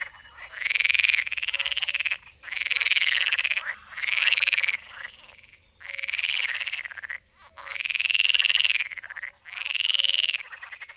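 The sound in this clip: Pool frog calling, repeated loud pulsed rattling bursts about every two seconds, arching in tone.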